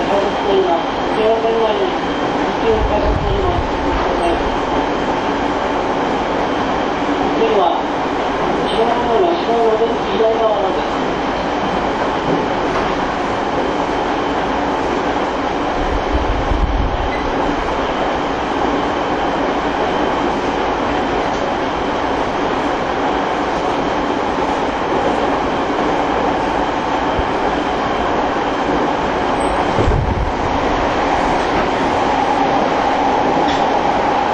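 Onboard ride on a TWR 70-000 series train on the Saikyo Line rapid service, with a steady, dense rumble of running noise throughout. Faint rising and falling inverter whines surface early on, and low thuds land near 3, 17 and 30 seconds.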